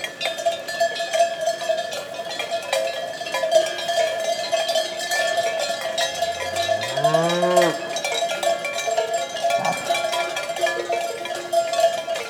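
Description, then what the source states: Cow giving a single rising moo partway through, surrounded by constant ringing cowbells from the grazing herd. A group of cows grazing calmly in a field; Codina.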